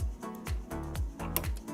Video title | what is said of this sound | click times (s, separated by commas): How to Change Burs on CEREC MC XL | there's the click so | 1.4 s